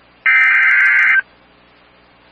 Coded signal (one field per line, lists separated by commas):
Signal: Emergency Alert System (SAME) tones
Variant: header bursts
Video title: SVR Party and The Return Of Da Floods| EAS Alerts from 6/20-6/22-20 (EAS #29-39)